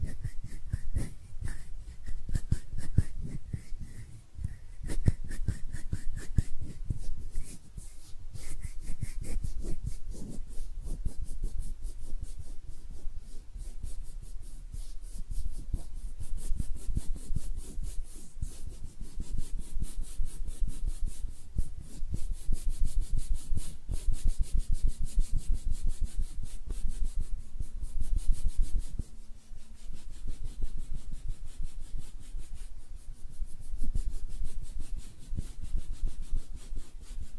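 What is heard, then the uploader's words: Hands rubbing and brushing against a surface make a continuous, dense stream of scratchy, papery strokes that stays fairly even for the whole 37 seconds. The rhythm is fast and irregular, with soft low thumps underneath and brief faint tones near 5 and 28 seconds. ASMR Relaxing Hand Sounds (No Talking).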